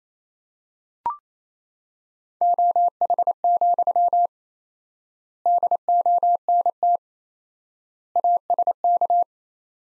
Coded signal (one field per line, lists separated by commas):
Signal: Morse code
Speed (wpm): 28 wpm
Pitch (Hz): 700 Hz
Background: none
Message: OH, DONT ASK